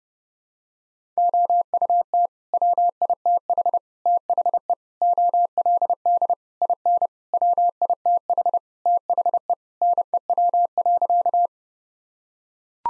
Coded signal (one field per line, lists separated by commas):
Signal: Morse code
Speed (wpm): 30 wpm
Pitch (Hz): 700 Hz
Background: none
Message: OUT WITH THE OLD IN WITH THE NEW.